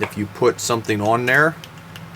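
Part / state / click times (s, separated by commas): impact socket onto ratchet drive with locking retainer / not seated / none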